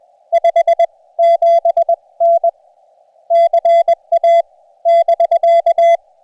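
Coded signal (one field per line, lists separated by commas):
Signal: Morse code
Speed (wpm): 19 wpm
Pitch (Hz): 680 Hz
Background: radio noise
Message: 57N CA <BK>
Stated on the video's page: Summits on the Air activations on three summits using an Elecraft KX2.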